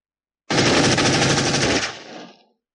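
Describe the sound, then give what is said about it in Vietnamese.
A loud machine gun fires one sustained rapid burst of tightly packed shots at charging beasts, shell casings flying, then cuts off and leaves a short fading rumble. No voices. “Khẩu súng máy trong tay đồng tử đã điên cuồng nổ vang, vỏ đạn điên cuồng bắn lên, những tràng đạn mạnh mẽ bắn thẳng xuyên vào những con quái thú sư ngao khuyển.”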